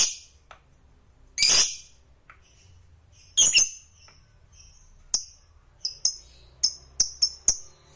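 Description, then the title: Lovebird squawks and chirps, two harsh rasping bursts followed by a quickening series of short sharp high notes. A lovebird that is reluctant to sing, made to sing spontaneously and with intensity. "LOVEBIRD Malas Bunyi JADI GREGET SPONTAN Langsung NARIK"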